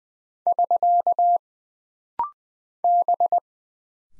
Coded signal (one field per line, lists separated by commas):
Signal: Morse code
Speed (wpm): 20 wpm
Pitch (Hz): 700 Hz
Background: none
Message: <SK> B